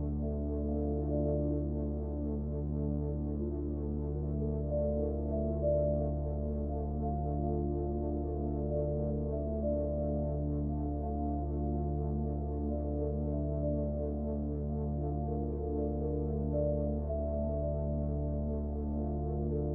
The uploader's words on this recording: Binaural Beats | מדיטציית צלילים רב ממדית | טונים בינוראלים וראב.